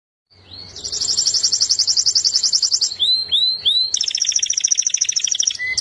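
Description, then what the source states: Canary song: a long, fast, high rolling trill, several rising slurred whistles, then a second dense trill ending in a low steady note. Champion-grade singing canary.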